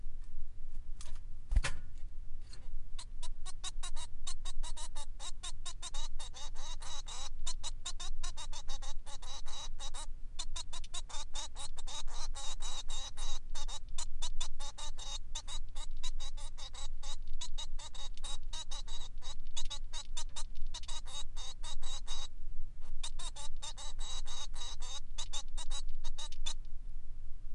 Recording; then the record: song of a male Bengalese finch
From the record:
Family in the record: son of father 3